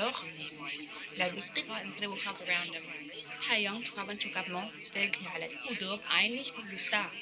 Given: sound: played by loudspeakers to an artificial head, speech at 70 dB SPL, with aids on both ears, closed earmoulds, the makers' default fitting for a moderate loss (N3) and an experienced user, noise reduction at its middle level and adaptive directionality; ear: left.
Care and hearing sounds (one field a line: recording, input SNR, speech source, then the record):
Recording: speech test signal (ISTS) in cocktail-party noise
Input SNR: 0 dB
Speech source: in front (0 degrees)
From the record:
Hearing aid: class 2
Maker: I